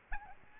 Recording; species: mosquito wingbeat signal from an infrared sensor; Aedes albopictus